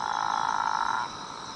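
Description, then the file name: Frog giving one steady, tonal, whining note about a second long, then it stops; a faint constant high hiss continues. "Physalaemus atlanticus"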